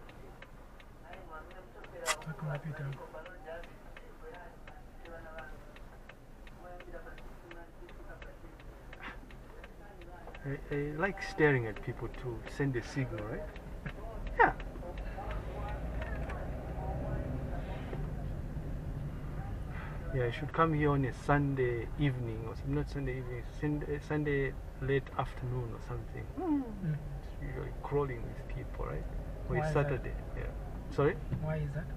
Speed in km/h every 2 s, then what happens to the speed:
0, 0, 2, 2, 3, 3, 5, 9, 15, 14, 10, 9, 8, 8, 11, 12.
0-6 standing. 6-12 steady at about 3. 12-16 speeds up to 15. 16-23 slows to 8. 23-32 steady at about 8.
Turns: none.